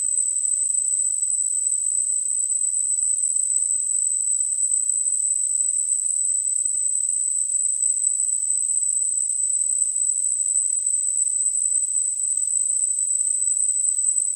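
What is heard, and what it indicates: Simulated tinnitus: a steady, continuous high-pitched tone near 8 kHz over a faint hiss in the high frequencies, unchanging throughout.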